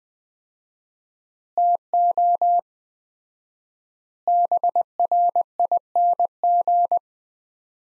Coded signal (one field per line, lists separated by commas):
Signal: Morse code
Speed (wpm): 21 wpm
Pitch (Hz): 700 Hz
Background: none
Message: TO BRING